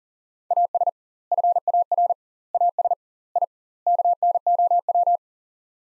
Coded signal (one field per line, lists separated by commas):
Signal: Morse code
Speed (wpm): 40 wpm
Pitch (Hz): 700 Hz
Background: none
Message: AS FAR AS I KNOW